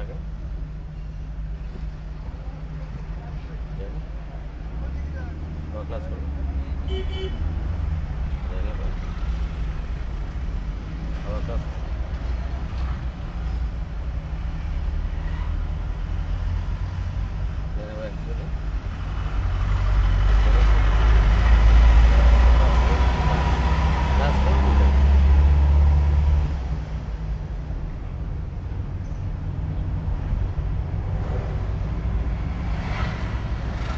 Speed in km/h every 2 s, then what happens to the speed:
24, 16, 8, 7, 5, 7, 7, 6, 15, 13, 11, 11, 12, 19, 20, 19, 18.
0-8 slows to 5. 8-14 steady at about 6. 14-16 speeds up to 15. 16-23 steady at about 11. 23-26 speeds up to 19. 26-34 steady at about 19.